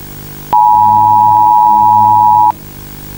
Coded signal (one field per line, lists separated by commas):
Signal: Emergency Alert System (SAME) tones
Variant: 853 and 960 Hz attention tone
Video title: The Glowing anomaly EAS Alert